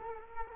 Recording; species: mosquito wingbeat signal from an infrared sensor; Culex quinquefasciatus